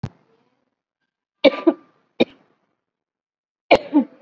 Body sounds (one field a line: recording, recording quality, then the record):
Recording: shallow voluntary cough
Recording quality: excellent, no background noise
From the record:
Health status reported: COVID-19 positive, moderate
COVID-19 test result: positive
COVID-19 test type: RT-PCR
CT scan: not taken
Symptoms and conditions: cough, cold, another condition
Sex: female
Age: 32 years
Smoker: no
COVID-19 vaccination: none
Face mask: worn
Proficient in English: yes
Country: India